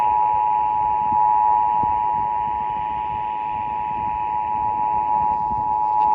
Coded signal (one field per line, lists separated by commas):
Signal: Emergency Alert System (SAME) tones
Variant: 853 and 960 Hz attention tone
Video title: EAS #153/155 - Iowa Required Monthly Test (Oct 4, 2023)